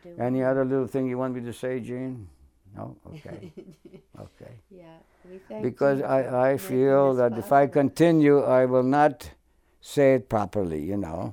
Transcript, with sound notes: Any other little thing you want me to say, Jean? No, okay. [Chuckles] Okay.
Yeah. We thank—
because I—I feel if I continue, I will not say it properly, you know.